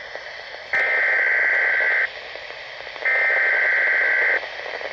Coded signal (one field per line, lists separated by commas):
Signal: Emergency Alert System (SAME) tones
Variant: header bursts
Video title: Emergency Alerts from June 22, 2021(EAS #42-46) (EAS COMPILATION 4)